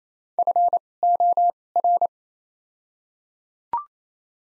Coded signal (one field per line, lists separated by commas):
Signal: Morse code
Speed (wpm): 28 wpm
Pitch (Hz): 700 Hz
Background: none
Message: F O R